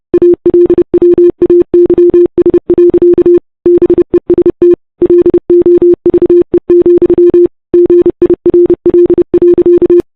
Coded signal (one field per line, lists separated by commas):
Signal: Morse code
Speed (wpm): 29 wpm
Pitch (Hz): 350 Hz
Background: none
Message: ALWAYS. BEST LOVE, GIRL.